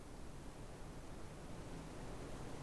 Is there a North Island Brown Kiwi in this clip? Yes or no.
no